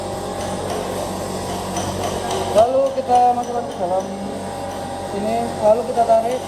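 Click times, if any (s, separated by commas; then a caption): none. A filter wrench's strap or chain is threaded into place around an oil filter and pulled through, with soft handling sounds over a steady background hum while someone talks. This is only positioning before tightening. Nothing has clicked or locked yet.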